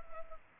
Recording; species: mosquito wingbeat signal from an infrared sensor; Culex pipiens